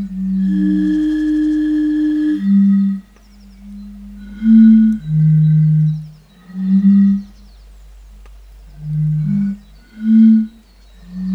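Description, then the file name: European fire-bellied toad: low, soft hooting of European fire-bellied toads, several animals answering one another with brief and longer tones at two close pitches, separated by short silences. "henrik olsson anders dahl bombina bombina"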